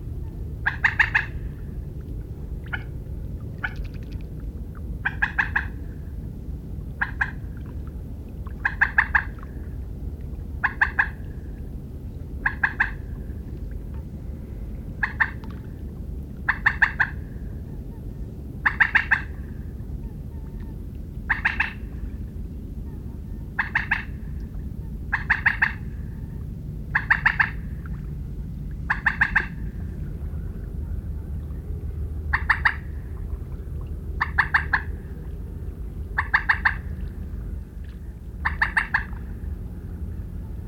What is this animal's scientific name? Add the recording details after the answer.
Gallinula chloropus. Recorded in the wild. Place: Retgendorf, Mecklenburg-Vorpommern, DE. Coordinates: 53.729, 11.504. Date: 1972-06-17 21:00. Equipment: Nagra III BH, Sennheiser MD 21, parabola. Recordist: Schubert, Michael